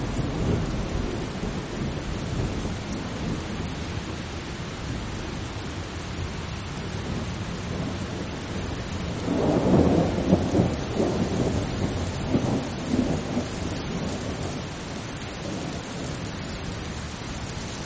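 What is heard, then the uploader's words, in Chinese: Steady, dense rain hisses evenly throughout, with a low distant rumble of thunder swelling around ten seconds before fading back. 雷雨声：平静的雨。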